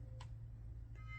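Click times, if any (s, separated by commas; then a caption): 0.2 s. A plastic toy kyber crystal is pushed into an indentation in the plastic core of a lightsaber hilt. It locks in place with a single soft click at 0.2 s over a steady low hum. The crystal is seated, centered inside the saber core.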